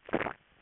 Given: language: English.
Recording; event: throat vibration sensor signal played as sound; swallow